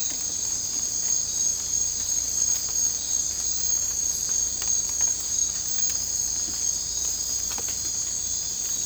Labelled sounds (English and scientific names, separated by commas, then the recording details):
none
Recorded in dense forest near Puerto Asís, Putumayo, Colombia, on 18 December 2024 at 02:30
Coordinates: 0.466, -76.327
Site G075